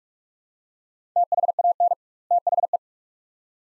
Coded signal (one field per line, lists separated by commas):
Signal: Morse code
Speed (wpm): 46 wpm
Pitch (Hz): 700 Hz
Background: none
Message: THAN THE